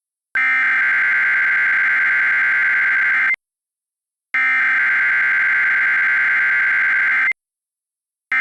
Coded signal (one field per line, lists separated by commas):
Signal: Emergency Alert System (SAME) tones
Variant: header bursts